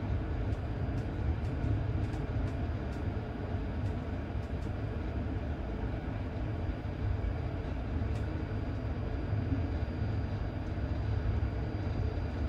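A powerful locomotive rumbles on steadily, a dense, low roar that barely changes in level across the whole stretch. Short bright ticks and clicks break through on top, clustered in the first few seconds and again around the eighth second.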